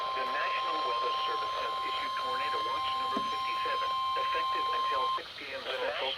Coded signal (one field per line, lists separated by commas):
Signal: Emergency Alert System (SAME) tones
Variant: 1050 Hz attention tone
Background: speech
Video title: EAS #51 - Tornado Watch #57